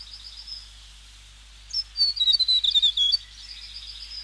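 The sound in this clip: South Island tomtit giving one high, rapid descending run of notes.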